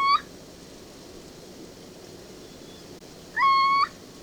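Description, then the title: Little Owl giving a clear, flat whistled note, one cut off at the start and another about three seconds later, over a steady background hiss. Small nocturnal raptor with large yellow eyes and a fluffy look, of fallow and farmland habitats in peri-urban Bouches-du-Rhône, France; protecting its habitat also protects dozens of other species. "Chouette Chevêche"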